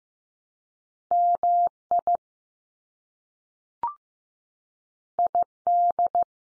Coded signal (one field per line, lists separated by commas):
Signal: Morse code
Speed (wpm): 15 wpm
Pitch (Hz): 700 Hz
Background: none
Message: MI ID